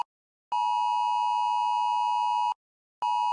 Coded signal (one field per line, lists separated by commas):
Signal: Emergency Alert System (SAME) tones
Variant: 853 and 960 Hz attention tone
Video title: Eas scenario